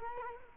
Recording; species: mosquito wingbeat signal from an infrared sensor; Culex quinquefasciatus